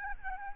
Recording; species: mosquito wingbeat signal from an infrared sensor; Aedes albopictus